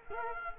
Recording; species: mosquito wingbeat signal from an infrared sensor; Culex quinquefasciatus